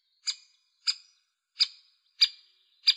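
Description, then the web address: Great spotted woodpecker giving sharp, abrupt kik calls, five single notes spaced roughly every two thirds of a second, against a silent background. "Dendrocopos major"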